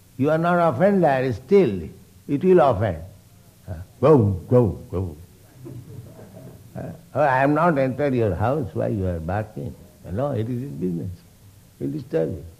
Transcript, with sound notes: you are not offender, still it will offend, "Gow! Gow! Gow!" [laughter] "Oh, I have not entered your house. Why you are barking?" No, it is his business. He will disturb you.